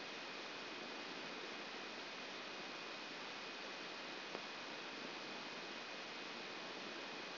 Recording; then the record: brain microelectrode recording played as sound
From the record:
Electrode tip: outside the subthalamic nucleus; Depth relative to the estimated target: -4 mm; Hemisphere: left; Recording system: AlphaMap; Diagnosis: Parkinson's disease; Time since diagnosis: 19 years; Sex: male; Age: 59 years